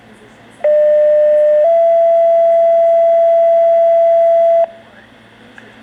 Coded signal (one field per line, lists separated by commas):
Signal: two-tone page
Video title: La Crosse County, WI 6 PM Pager Test 8-1-19